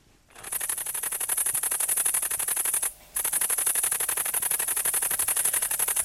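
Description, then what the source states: Great green bush-cricket stridulating: a dense, fast rasping buzz of regular ticking pulses, like rapid typing, broken by one short pause near three seconds. Stridulation likened to a fast typewriter, made by rubbing hind legs against wings or wings against each other.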